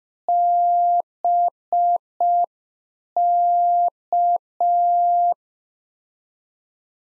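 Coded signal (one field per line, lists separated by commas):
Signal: Morse code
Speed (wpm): 5 wpm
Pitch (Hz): 700 Hz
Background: none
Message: BK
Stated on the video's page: Beginner practice QSO exchange (RST, QTH, name) at 5 wpm, sent in Morse, then spoken, then sent again for head-copy.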